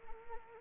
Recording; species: mosquito wingbeat signal from an infrared sensor; Anopheles arabiensis